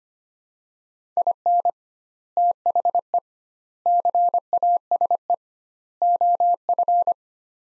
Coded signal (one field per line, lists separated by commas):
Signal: Morse code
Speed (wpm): 25 wpm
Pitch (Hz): 700 Hz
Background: none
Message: IN THE CASE OF